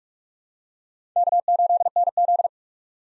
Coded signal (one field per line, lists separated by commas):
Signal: Morse code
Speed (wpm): 44 wpm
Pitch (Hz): 700 Hz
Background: none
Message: K8NZ